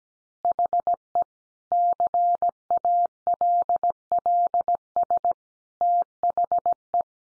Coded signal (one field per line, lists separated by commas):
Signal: Morse code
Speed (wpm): 17 wpm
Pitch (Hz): 700 Hz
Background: none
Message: HE CALLS THE